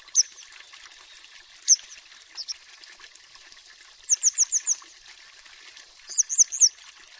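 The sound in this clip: Bird calling with sharp high chirps, first single notes, then a fast run of four and a closing cluster of three, over a soft background hiss.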